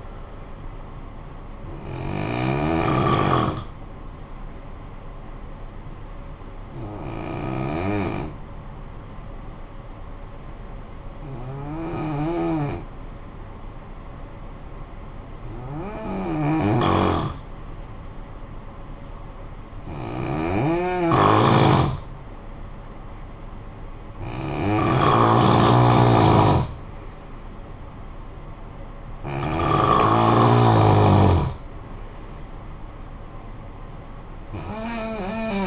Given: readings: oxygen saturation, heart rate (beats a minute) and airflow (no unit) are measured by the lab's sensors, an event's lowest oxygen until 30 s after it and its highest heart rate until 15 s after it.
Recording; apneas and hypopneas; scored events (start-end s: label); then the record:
breathing in sleep by a smartphone at the bedside; 1
6.00-19.70 s: hypopnea (N2, oxygen 92% highest, then 87% lowest, heart rate 64 at the start, 64 highest)
From the record:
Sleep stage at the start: N2 (light sleep); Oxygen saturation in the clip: 86 to 94%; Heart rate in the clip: 53 to 68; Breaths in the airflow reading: 7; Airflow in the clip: -9.0 to 5.2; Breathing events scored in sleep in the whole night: 445 in 7.6 hours asleep